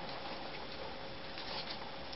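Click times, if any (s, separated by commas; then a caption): none. An ION Air Pro action camera is pushed onto its plastic mount plate, giving a steady low scraping and pattering with a brief louder rub at about 1.4 s. The camera's two notches do not engage the holes in the plate, and nothing has snapped into place.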